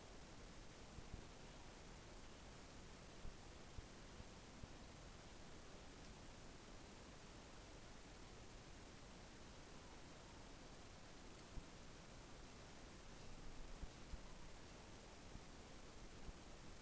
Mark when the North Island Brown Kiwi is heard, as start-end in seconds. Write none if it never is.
none